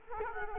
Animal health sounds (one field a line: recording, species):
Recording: mosquito wingbeat signal from an infrared sensor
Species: Culex quinquefasciatus